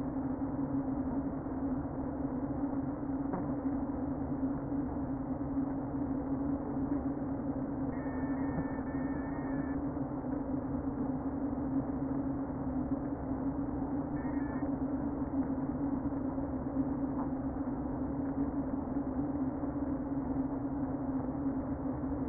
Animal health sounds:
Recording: honeybee colony, microphone inside the hive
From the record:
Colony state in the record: queen present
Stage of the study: before two queens were removed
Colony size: about 60,000 bees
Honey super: yes

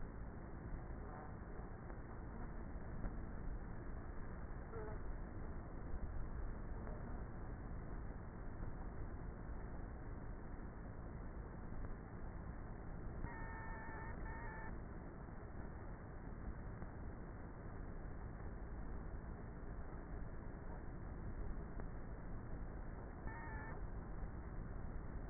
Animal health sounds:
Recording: honeybee colony, microphone inside the hive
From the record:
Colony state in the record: queenless with a low population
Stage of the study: before two queens were removed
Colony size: about 30,000 bees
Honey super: no

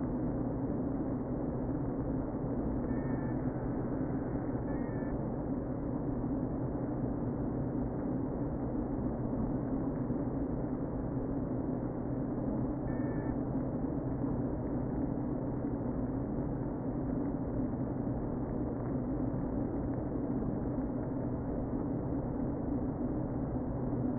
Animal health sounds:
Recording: honeybee colony, microphone inside the hive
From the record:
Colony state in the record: queen present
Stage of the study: before two queens were removed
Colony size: about 60,000 bees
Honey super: yes

